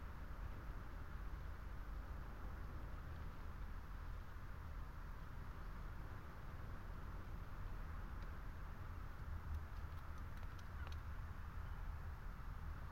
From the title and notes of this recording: Lone tree under windswept telegraph wires. The tree, weather stunted and probably overlooked by almost all who stumble by on the rough stone track, holds and shelters the Lento microphones.